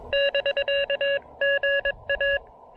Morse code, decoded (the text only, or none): <BK> GA